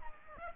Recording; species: mosquito wingbeat signal from an infrared sensor; Aedes aegypti